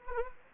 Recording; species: mosquito wingbeat signal from an infrared sensor; Anopheles gambiae